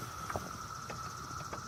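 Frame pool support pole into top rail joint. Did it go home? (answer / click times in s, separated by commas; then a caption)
yes / 0.3 s. A vertical support pole of an above-ground frame pool is fitted into the top rail joint, and the spring clicker button at its top snaps into place with a short, sharp click at 0.3 s. A few fainter taps follow over a steady high-pitched background hum. The pole is confirmed seated.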